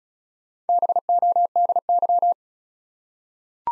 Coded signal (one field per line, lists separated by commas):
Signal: Morse code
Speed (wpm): 36 wpm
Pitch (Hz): 700 Hz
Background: none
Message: BODY